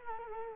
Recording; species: mosquito wingbeat signal from an infrared sensor; Culex quinquefasciatus